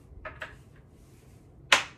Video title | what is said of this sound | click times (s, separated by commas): Must Have Chair!! #amazonhiddengems #gaming #ad #office #chair #foryou #workfromhome #comfychair | we got five lovely ones I just snap right in like that super nice | 0.4 s, 1.7 s